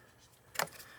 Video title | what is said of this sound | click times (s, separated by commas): How to Replace Water Pump RAM 1500 5.7L HEMI 2009-2018 - With Sizes and Torque Specs! | Make sure it's fully seated down, like that. So kind of a bigger click, and then push in the red | 0.6 s